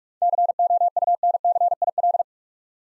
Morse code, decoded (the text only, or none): COUNCIL